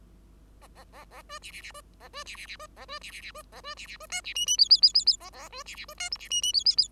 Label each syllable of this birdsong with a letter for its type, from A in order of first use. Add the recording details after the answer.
A A A A B C C C B A B C C C B A B C C C B A B C C B D C E E F F F F F A A B C C B D G C E E F F F. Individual Bird5